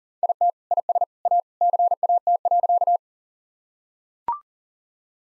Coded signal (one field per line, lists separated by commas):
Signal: Morse code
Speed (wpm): 40 wpm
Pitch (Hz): 700 Hz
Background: none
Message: IT IS A CAT.